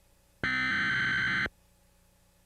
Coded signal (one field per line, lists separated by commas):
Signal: Emergency Alert System (SAME) tones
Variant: header bursts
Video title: EAS Scenario: Local Access Emergency 03/19/26